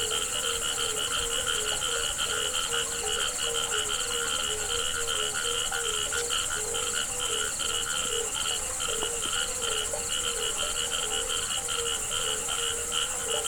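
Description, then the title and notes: Frogs croaking in steady runs of quick rattled pulses, layered with a continuous high insect buzz from crickets. Frogs calling together with crickets at a pond on the Hajnice stream near Ústí, Czechia. "Ústí, Czechia - žáby a cvrčci Hajnice. žáby a cvrčci u hodní tůně na potoce Hajnice"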